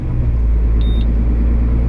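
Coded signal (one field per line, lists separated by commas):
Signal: beep code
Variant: truck toll box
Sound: a single short high beep over steady engine and road rumble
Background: truck engine rumble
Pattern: 1 short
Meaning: One beep means the toll was charged and all is good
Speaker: And that was my box beeping just to tell me that all's good. 1 beep, you're good.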